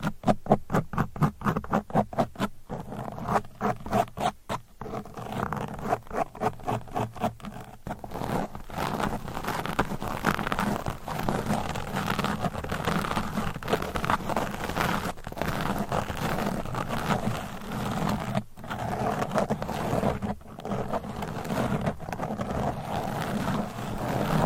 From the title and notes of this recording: ASMR Mic Scratching Brain Scratching with Different Nail Shapes Asmr No Talking.